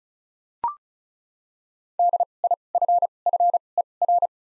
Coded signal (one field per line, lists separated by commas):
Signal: Morse code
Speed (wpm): 36 wpm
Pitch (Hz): 700 Hz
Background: none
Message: D I F F E R